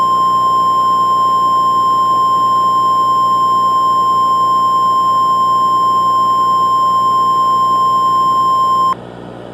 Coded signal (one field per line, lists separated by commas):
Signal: Emergency Alert System (SAME) tones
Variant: 1050 Hz attention tone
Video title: Deceit|| EAS Scenario